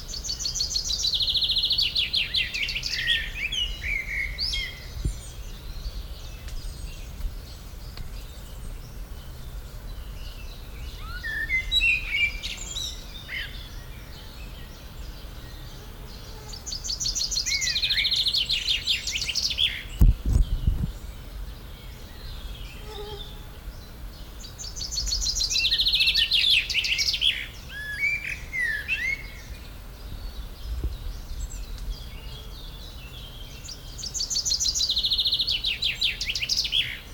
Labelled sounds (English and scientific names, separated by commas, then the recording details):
Common Chaffinch (Fringilla coelebs) song
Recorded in the wild
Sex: male
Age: adult
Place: Potsdam-Telegrafenberg, Brandenburg, DE
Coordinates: 52.3814, 13.0644
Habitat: park
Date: 1996-06-07 19:30
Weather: sunny
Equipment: Sony MD-WM MZ-R3, Sennheiser MKH 416 T, Kopie Uher 4000 Report Monitor
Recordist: Tembrock, Günter